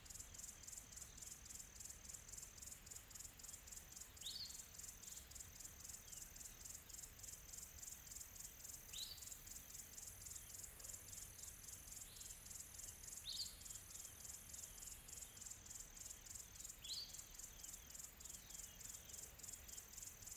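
A quiet tropical forest with a dense, steady chorus of high insects pulsing rapidly throughout. A bird gives short rising calls about every four seconds, at around 4, 9, 13 and 17 seconds, sounding somewhat distant. A soft low rustle sits underneath.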